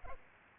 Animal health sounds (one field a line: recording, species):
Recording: mosquito wingbeat signal from an infrared sensor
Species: Culex pipiens